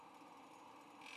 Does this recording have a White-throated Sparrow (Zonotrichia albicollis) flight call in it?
no